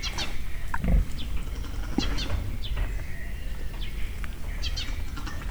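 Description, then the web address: Mangalica pig giving low grunts over a constant noisy background. Swallow-bellied Mangalica boar grunting, recorded at a zoo in Miskolc in 2009. "miskolcizoo 2009 standardt mangalica roffentesek fecskekakas"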